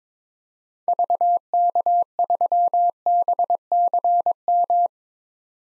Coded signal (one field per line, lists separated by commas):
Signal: Morse code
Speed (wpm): 21 wpm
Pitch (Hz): 700 Hz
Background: none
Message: VK3BCM